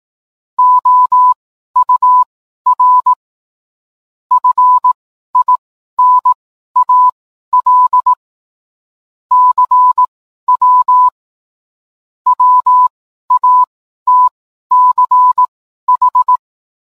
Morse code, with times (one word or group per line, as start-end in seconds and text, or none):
0.6-3.1 OUR
4.3-8.1 FINAL
9.3-11.1 CW
12.3-16.4 WATCH